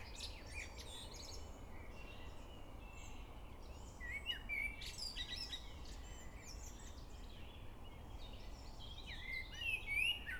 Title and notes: Приокский р-н, Нижний Новгород, Нижегородская обл., Россия - birds nn. Вечернее пение